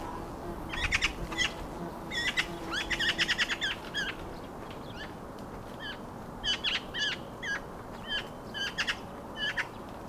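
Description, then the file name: Eurasian magpie giving harsh, rapid chattering calls in several short bursts spread throughout. "Pica pica"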